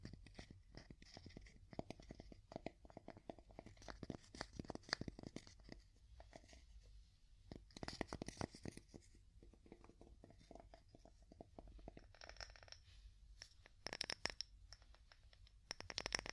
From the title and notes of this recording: ASMR Calming Wood Tapping (No Talking).